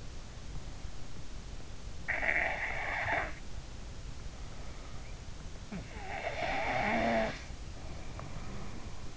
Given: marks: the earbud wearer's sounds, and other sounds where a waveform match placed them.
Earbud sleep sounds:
sounds in sleep by an in-ear microphone; snoring breath
2.03-3.38 s: snoring breath
5.72-9.17 s: snoring breath

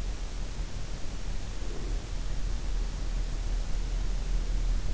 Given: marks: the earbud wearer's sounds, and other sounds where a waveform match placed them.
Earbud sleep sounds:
sounds in sleep by an in-ear microphone; breath
1.17-2.09 s: breath

